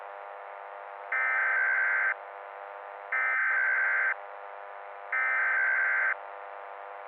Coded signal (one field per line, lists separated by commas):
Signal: Emergency Alert System (SAME) tones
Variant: header bursts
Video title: The Final Battle (EAS Scenario)